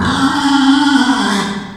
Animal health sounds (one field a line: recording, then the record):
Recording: squeal of a Yucatan mini pig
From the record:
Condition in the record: after surgery on the right vocal fold (resection and tissue-engineered implant)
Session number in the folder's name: 16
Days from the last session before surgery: 183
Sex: female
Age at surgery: 19 weeks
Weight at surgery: 25 kg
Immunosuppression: prednisolone